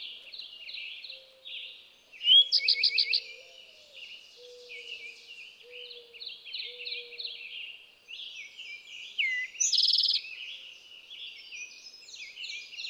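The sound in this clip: Eastern towhee singing twice: each phrase opens with a bright note and runs into a rapid buzzy trill, about seven seconds apart, over continuous twittering from other birds.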